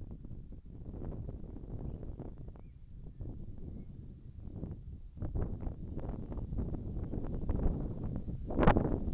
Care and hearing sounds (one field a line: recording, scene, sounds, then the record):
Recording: everyday scene through a hearing-aid microphone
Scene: wind on the microphone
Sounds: wind, birds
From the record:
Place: in front of a rural house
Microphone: behind the ear, left, rear